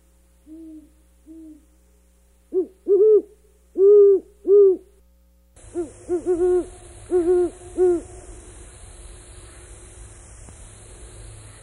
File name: Great Horned Owl